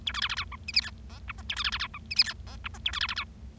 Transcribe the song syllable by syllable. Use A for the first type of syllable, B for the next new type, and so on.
A B C C D E F G H I J K A B C C D E F G H I J K A B C C D